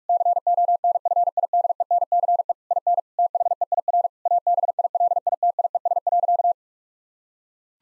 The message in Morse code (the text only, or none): CONFIDENCE IN THEIR ABILITIES.